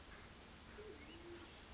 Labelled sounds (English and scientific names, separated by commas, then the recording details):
Band-tailed Pigeon (Patagioenas fasciata)
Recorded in Sonoma County, California